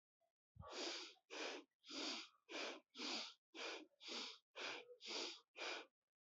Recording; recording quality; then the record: shallow breathing; excellent, no background noise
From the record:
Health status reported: healthy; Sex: female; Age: 28 years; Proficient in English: yes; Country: India